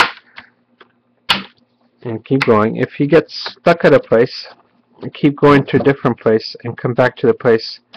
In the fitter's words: and gently start lifting up the screen bezel and listen for snapping